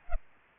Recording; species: mosquito wingbeat signal from an infrared sensor; Aedes albopictus